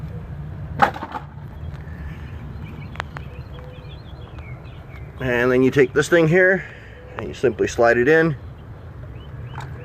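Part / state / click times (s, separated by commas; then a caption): ignition coil into spark plug well of car engine / seated / 9.6 s. An ignition coil on a 2003 BMW 325i, being changed because the car may be running rough, is slid down into the spark plug well of the cylinder head onto the spark plug while someone talks. Faint handling and scraping sounds play over a steady background hum, and the coil clicks into place and seats at about 9.6 s.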